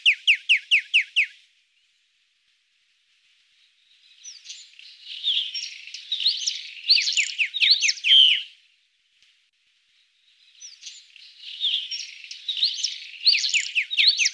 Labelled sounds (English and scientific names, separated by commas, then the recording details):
Eastern Rock Nuthatch (Sitta tephronota) song
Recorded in the wild
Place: Tahtakaraca-Pass 1788 m (Alexanderpass), UZ
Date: 2001-05-23
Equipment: MiniDisc Sharp MT 20 H
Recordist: Schwarz, Dieter